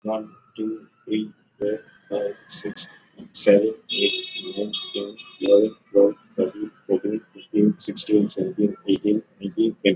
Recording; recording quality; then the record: counting at a normal pace; excellent, no background noise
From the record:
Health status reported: exposed to COVID-19, no respiratory illness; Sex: male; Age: 31 years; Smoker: yes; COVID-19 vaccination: both doses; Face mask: worn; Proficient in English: yes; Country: India